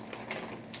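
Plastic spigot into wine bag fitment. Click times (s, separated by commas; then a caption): 0.1 s, 0.3 s, 0.7 s. A plastic spigot tap is pressed back into the fitment of a refilled wine bag. Three short pops are heard at 0.1, 0.3 and 0.7 seconds, with the third a bit softer. The spigot ends up seated firmly in the bag.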